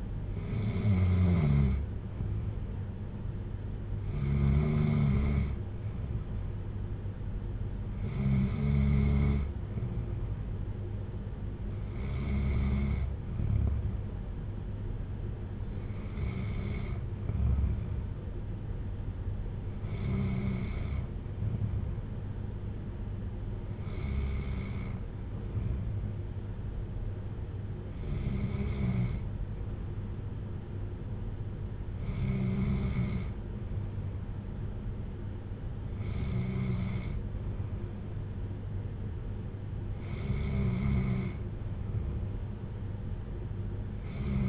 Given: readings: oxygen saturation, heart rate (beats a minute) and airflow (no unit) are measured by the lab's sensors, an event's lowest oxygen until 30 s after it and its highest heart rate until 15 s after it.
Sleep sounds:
breathing in sleep by a smartphone at the bedside; none
none scored
From the record:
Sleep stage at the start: N2 (light sleep); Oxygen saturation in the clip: 94 to 95%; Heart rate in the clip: 55 to 60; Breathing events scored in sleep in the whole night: 310 in 8.1 hours asleep

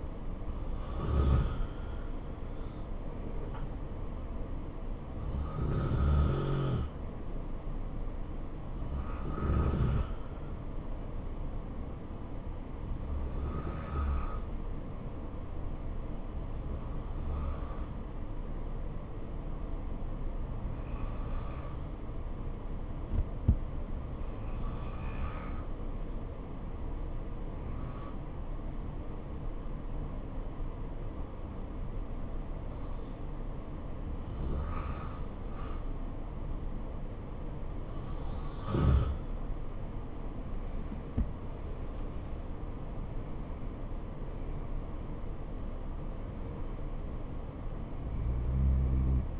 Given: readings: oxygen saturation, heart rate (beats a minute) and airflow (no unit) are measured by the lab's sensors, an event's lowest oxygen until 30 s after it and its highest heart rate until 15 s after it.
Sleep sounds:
breathing in sleep by a smartphone at the bedside; 1
12.00-39.20 s: hypopnea (N2, oxygen 93% highest, then 88% lowest, heart rate 71 at the start, 78 highest)
From the record:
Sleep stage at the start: N2 (light sleep); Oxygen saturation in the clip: 88 to 93%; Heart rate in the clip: 65 to 78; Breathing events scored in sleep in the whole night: 277 in 7.4 hours asleep

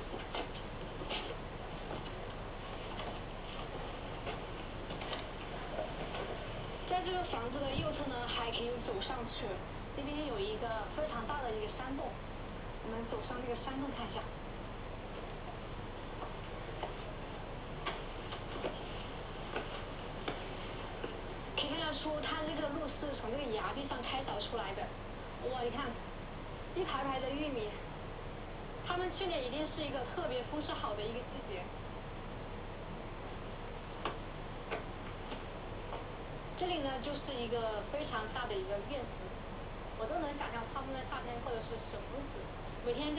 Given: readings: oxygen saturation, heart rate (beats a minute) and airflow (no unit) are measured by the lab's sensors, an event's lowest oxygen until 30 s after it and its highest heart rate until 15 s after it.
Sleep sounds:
a person awake in a sleep study, by a voice recorder at the bedside; none
0.00-43.19 s: awake
From the record:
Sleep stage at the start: awake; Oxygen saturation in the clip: 93 to 94%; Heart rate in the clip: 62 to 67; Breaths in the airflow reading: 16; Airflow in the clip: -5.6 to 5.6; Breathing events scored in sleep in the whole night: 476 in 9.7 hours asleep

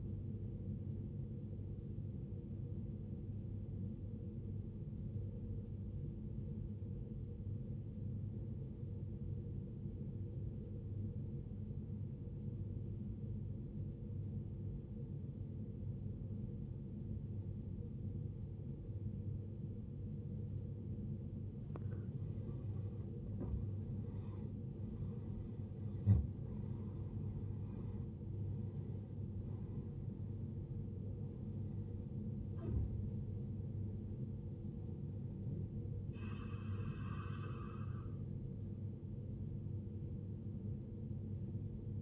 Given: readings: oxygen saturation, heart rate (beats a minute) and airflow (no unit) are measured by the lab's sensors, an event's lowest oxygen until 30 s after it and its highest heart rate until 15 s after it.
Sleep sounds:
breathing in sleep by a smartphone at the bedside; 1
4.00-24.10 s: obstructive apnea (N1, oxygen 95% highest, then 84% lowest, heart rate 61 at the start, 73 highest)
From the record:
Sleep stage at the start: N1 (lightest sleep); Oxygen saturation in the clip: 86 to 95%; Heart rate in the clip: 57 to 73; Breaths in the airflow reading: 5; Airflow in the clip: -15.4 to 14.7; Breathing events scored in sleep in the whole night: 389 in 6.3 hours asleep

